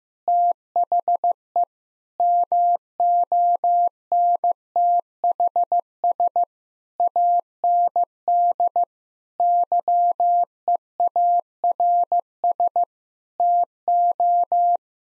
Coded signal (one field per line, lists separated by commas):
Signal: Morse code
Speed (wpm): 16 wpm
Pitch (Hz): 700 Hz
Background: none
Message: THE MONTHS AND YEARS TO